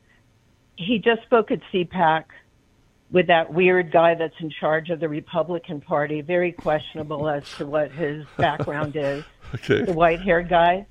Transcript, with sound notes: He just spoke at CPAC with that weird guy that's in charge of the Republican Party, very questionable as to what his-
(laughs)
... background is.
Okay.
The white-haired guy.